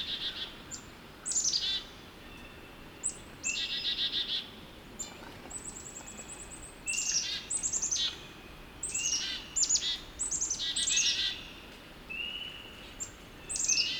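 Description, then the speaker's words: Chickadee group calling excitedly, thin high chips and buzzy chick-a-dee-dee runs, mixed with a few level whistled notes. A group of chickadees sounding upset about something unknown, heard on April 28 while walking back to the car. "I come across a group of chickadees. They sound upset about something."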